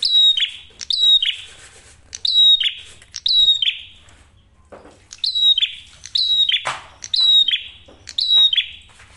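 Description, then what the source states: Prinia song: repeated piercing chirps with buzzy endings, delivered in clusters with a brief pause midway. Masteran tutor audio of prenjak merah for training songbirds; singing actively with a clear voice; said to make other prinias call within five seconds.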